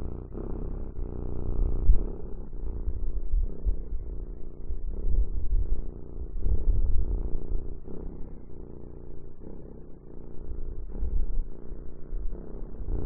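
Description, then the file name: Cat purring, a low rumbling throb that swells and fades in steady breathing cycles, continuous throughout. "Cat Purring Long Clear Loud"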